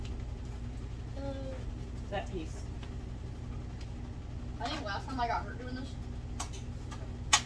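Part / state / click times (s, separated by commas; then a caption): artificial tree branch into trunk pole socket / seated / 7.3 s. While assembling an artificial Christmas tree, a branch piece is pushed into its plastic socket on the trunk pole as someone talks over a steady low hum. A sharp click at 7.3 s marks the branch seating fully in the socket.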